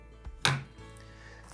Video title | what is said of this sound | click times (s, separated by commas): Black Friday Tool Ideas For Your Handyman! | And it has a nice sheath that it has a nice positive click to | 0.5 s